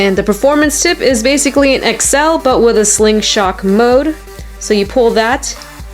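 Someone talks while handling the plastic performance tip of a spinning-top toy, which is pulled out to be twisted into its wider slingshock mode. Faint background music plays under the talk. Nothing has seated or clicked yet.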